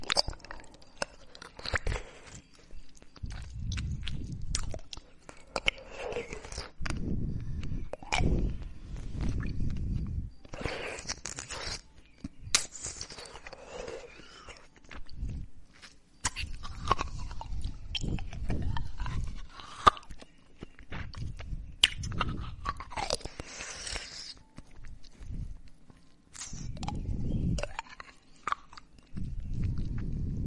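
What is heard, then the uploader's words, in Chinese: Someone eats ice cubes, with loud crunching bites every second or two across the whole clip. Each bite gives a sharp, bright crack over a heavy low thud, and softer grinding and chewing sounds fill the gaps between them. 吃冰块浑身舒爽。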